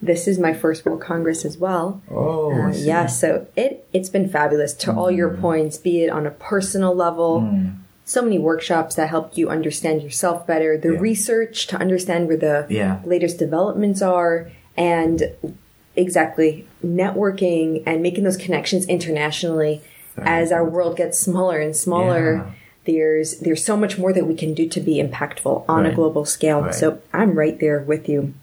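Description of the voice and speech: A woman speaks in a clear, moderately paced conversational voice with natural pitch movement, brief pauses and a few ordinary hesitations and a word repeat. A second voice adds short acknowledgements. This is typical adult speech in a quiet room.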